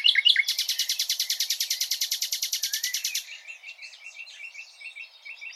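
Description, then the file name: Common nightingale song: a few sharp notes, then a loud, fast, even rattle lasting about three seconds, followed by softer rapid repeated notes. "Luscinia megarhynchos"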